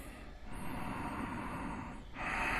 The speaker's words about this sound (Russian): Дышим уджайи.